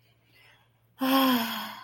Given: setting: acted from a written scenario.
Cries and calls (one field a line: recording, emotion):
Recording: vocal sound without words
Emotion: romantic love